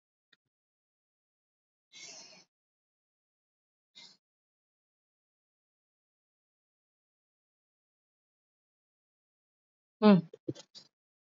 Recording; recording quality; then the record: shallow breathing; excellent, no background noise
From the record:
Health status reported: recovered from COVID-19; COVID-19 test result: negative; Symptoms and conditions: cough, fever, muscle pain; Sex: female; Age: 36 years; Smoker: not ticked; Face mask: worn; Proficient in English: yes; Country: India